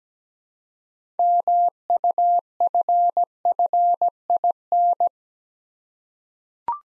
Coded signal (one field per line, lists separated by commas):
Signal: Morse code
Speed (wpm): 17 wpm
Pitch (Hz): 700 Hz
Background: none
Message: MUFFIN